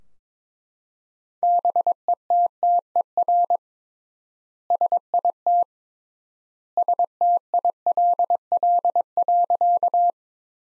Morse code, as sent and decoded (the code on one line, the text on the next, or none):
-... . - - . .-. / ... .. - / ... - .. .-.. .-.. .-.-.-
BETTER SIT STILL.